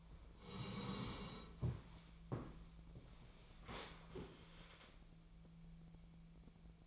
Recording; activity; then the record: daily activity, microphone in the room; sit down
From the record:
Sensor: 1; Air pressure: 1000.5 hPa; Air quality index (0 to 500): 179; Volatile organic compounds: 4 ppm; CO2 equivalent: 1656 ppm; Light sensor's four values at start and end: 12/29/12/14 and 12/29/12/14